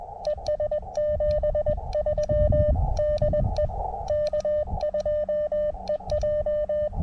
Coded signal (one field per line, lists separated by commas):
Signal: Morse code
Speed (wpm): 20 wpm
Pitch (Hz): 590 Hz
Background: none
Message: ES 73 DE K2EJ